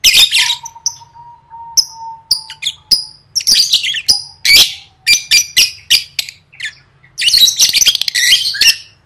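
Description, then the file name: Lovebird calls, a mix of piercing squeaks, short whistled notes and harsh chatter coming in uneven bursts, with a faint steady tone early on. "tieng vet mau don"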